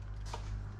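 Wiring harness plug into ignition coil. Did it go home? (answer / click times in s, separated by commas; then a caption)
yes / 0.3 s. A plastic wiring-harness plug is pushed onto the new ignition coil in the engine of a yellow 106 GTi that was misfiring and running on three cylinders. Over a steady low hum, a single short, sharp click sounds at 0.3 s as the connector seats into the coil.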